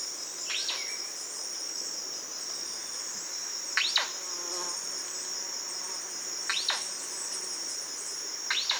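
Bird calls: sharp, steeply descending whistled strokes in pairs, repeated several times over a continuous high insect drone.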